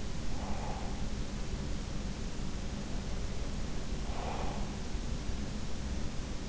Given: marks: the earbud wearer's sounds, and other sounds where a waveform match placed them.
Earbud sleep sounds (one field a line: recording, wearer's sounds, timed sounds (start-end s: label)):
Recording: sounds in sleep by an in-ear microphone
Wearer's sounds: breath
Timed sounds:
0.41-1.06 s: breath
3.87-4.70 s: breath